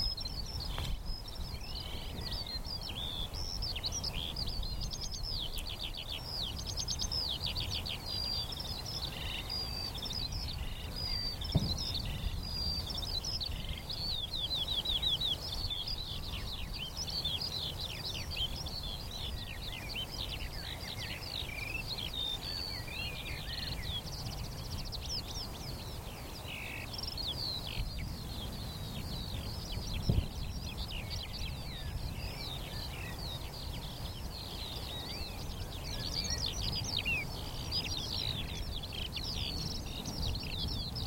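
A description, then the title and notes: Skylarks sing continuously over a field, a dense, bright chatter of rapid trills and warbles that never pauses across the whole stretch. A low, steady rumble of wind or traffic runs underneath, with a couple of faint knocks around the middle. Skylarks ascending over a field of barley. We're on the northern edge of the Cotswolds in South Warwickshire – a vast open field of young barley stretches to the horizon. Quietly at first, then all of a rush, a hidden chorus of skylarks rises from the vegetation, singing exultantly, ever higher until they become specks in the cloudy heavens.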